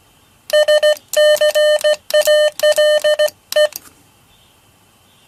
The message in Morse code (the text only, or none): SCALE